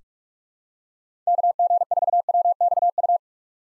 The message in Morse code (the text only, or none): KG4WXU